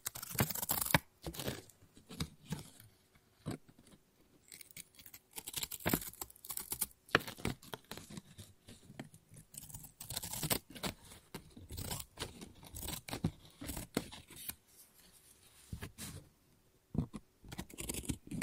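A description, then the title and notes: Scissors snip and cut through paper in quick, irregular bursts across the whole stretch. Sharp, crisp clicks and short rasping cuts arrive several times a second, with the loudest snips near the start and around seven and twelve seconds. Brief quiet gaps separate some runs. ASMR Scissors No Talking Snips and Cutting Paper.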